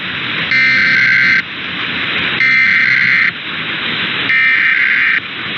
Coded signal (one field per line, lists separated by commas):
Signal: Emergency Alert System (SAME) tones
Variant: header bursts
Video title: EAS #3-14 - Los Angeles Monthly Test (12/26/23)